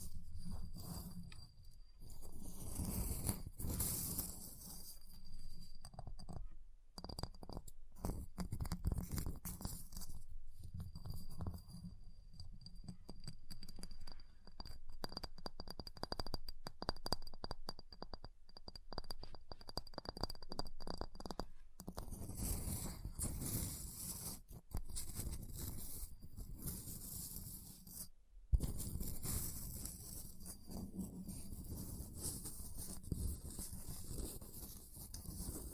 Ice Tapping, Scratching, Carving Sounds